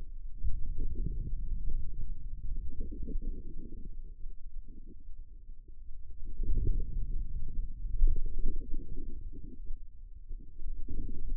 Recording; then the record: forearm muscle sounds (acoustic myography)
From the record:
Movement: ulnar deviation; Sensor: system 2, bracelet of six BSWA MPA416 microphones around the upper forearm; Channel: 6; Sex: female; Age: 25 years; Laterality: right